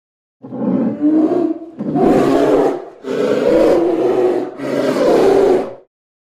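Bear roaring, four long, rasping roars of over a second each, following one another with brief gaps.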